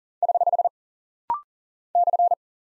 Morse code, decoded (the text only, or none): <HH> /